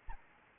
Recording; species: mosquito wingbeat signal from an infrared sensor; Anopheles arabiensis